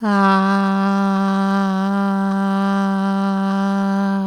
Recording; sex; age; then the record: sustained vowel /a/; female; 60 to 69 years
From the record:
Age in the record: 63 years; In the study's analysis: included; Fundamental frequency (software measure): 196 Hz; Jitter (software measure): 0.43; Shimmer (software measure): 0.67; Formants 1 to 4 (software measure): 894 Hz, 1440 Hz, 3031 Hz, 4093 Hz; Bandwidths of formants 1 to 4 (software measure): 198 Hz, 276 Hz, 240 Hz, 387 Hz